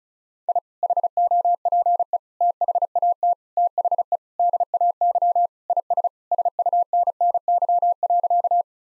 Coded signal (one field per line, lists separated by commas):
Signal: Morse code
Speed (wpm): 34 wpm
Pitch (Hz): 700 Hz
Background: none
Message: I HOPE THAT THE DAY IS SUNNY.